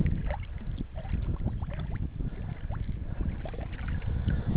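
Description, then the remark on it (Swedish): Water gurgles steadily into a small bottle for several seconds, with bubbly tones that rise in pitch as it fills, over a low rushing background noise. “Jag ska fylla på min lilla flaska här faktiskt med vatten.”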